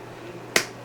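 A plastic panel is pushed into the frame of a clear plastic shoe box and, after some effort, clicks into place with a single sharp snap at 0.6 s. The panel is seated.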